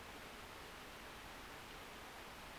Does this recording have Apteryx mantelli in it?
no